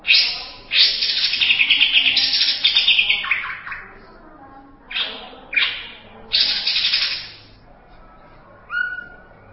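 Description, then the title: Greater green leafbird song opening with a long, dense run of harsh chattering notes, then several shorter buzzy bursts and a brief whistled note near the end. "Cucak ijo"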